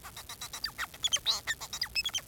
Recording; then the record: song of a male Bengalese finch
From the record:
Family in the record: son of father 4